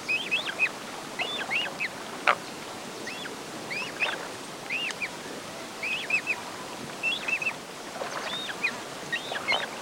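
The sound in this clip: Andean coots calling, many short arched squeaky notes in pairs and trios, overlapping from several birds, steady throughout over a background hiss.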